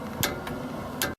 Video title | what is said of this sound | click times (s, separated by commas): How to Change 2009-2014 ACURA MDX/HONDA PILOT REAR DIFFERENTIAL FLUID | you'll hear it clicking but you do run into the exhaust | 0.2 s, 1.0 s